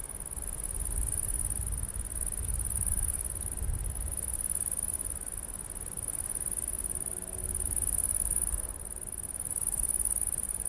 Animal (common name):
Great Green Bush-cricket